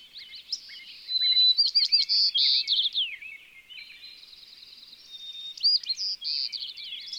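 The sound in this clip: White-crowned sparrow song given twice: each a whistled note, buzzy trills and sweeping slurred notes, the first louder than the second.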